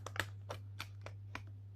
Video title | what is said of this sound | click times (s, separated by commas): E.T. 40th Anniversary Collector's Edition Unboxing | doesn't click into place | none